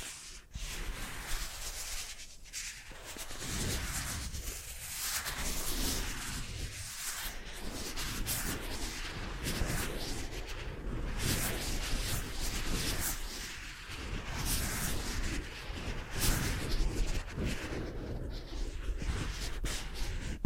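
Face brushing: continuous soft bristle scratching and rubbing in dense, uneven strokes, with brighter swishes recurring every second or two throughout.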